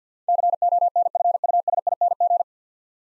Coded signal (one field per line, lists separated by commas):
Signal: Morse code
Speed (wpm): 50 wpm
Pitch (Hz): 700 Hz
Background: none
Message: CONFUSING